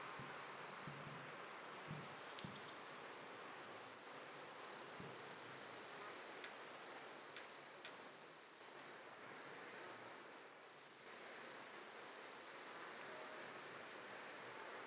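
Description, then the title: Crickets giving a continuous high buzzy chirring, with wind noise throughout. Recorded near a wheat field in Huldange, Luxembourg, on an early, mild, windy but sunny summer evening; cricket sounds come and go with the wind. "Huldange, birds wind and crickets near a wheat field. Ulflingen, Luxemburg"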